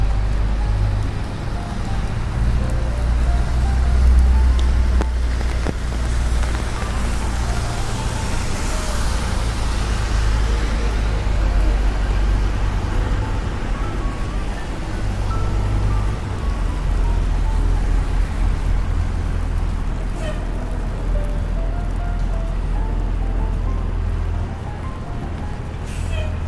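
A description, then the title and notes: A rainy day in New York: a dense, steady wash of street noise with a deep, constant rumble of traffic underneath. A vehicle swells past around nine seconds, and faint voices and small knocks surface now and then throughout. Raining Day In New York.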